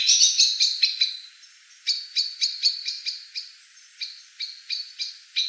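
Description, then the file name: Common blackbird calls: a quick opening flurry, then a series of short, sharp chink-like notes repeated about every third of a second. "Turdus merula"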